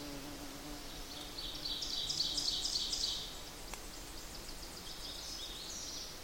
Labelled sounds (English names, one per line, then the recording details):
Ovenbird song
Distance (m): 35 m
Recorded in boreal forest in Alberta, Canada, on 8 June 2016 at 07:45
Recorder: SongMeter 3, array SBT-3-9
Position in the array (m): 42 m, 98 m
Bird 33